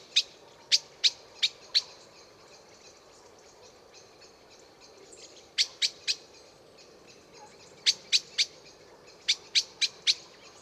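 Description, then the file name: Eurasian blackbird repeating bright, clicking call notes in short bursts of three to five, separated by pauses. "Turdus merula"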